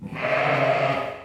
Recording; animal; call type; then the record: contact call of a hoofed animal; sheep; low-frequency (closed-mouth) or high-frequency (open-mouth) call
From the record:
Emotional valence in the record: negative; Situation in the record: short social isolation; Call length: 1.25 s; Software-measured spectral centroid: 1650 Hz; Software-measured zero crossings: 2180 a second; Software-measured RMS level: -23 dBFS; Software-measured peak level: -10 dBFS